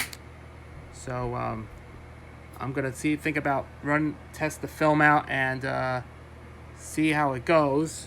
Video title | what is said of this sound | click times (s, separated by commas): My Demonstration of My Kodak Pageant 16mm Sound Movie Projector AV-126-TR | snapped it in place | 0.1 s